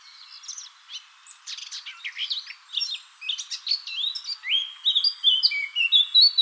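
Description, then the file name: Eurasian blackcap song, hurried scratchy warbling that grows louder and turns into rich, clear fluted whistles in the last seconds. "Sylvia atricapilla"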